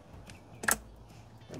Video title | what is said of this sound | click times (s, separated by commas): ESSENTIAL F-150 EcoBoost Mod Most People Ignore | got a nice click so that's on there | 0.7 s